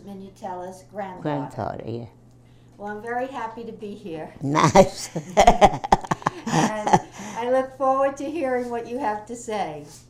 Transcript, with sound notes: Minutella's grandaughter.
Grandma, yeah.
Well, I'm very happy to be here.
Nice. ( she laughs )
And I look forward to hearing what you have to say.